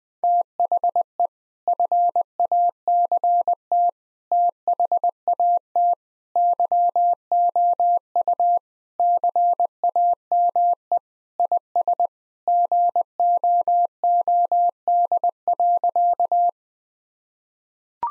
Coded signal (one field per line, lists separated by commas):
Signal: Morse code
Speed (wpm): 21 wpm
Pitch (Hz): 700 Hz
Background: none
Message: THE FACT THAT YOU CAME IS GOOD.